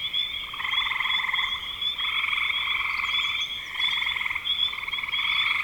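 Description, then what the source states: Chorus of frogs giving fast pulsed trills, layered bursts overlapping continuously, accompanied by a persistent shrill tone. Recorded in spring 2025.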